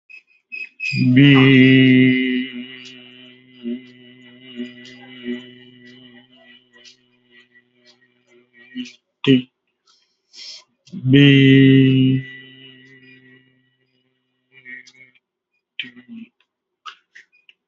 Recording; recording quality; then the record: sustained vowel as in beet; excellent, no background noise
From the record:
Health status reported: COVID-19 positive, mild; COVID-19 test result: positive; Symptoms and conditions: cough, breathing difficulty, sore throat, fever, loss of smell and taste, pneumonia, diabetes, ischaemic heart disease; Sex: male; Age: 62 years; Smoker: not ticked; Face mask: not worn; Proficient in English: yes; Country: India